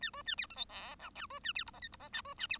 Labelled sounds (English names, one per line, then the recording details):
Bengalese Finch song
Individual Bird1